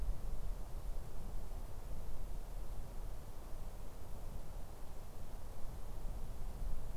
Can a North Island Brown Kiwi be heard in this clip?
no